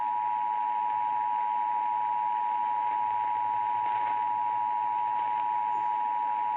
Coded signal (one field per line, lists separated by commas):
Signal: Emergency Alert System (SAME) tones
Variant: 853 and 960 Hz attention tone